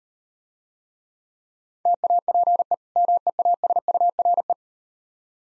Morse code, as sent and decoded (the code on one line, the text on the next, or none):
- .- .--. . / -- . .- ... ..- .-. .
TAPE MEASURE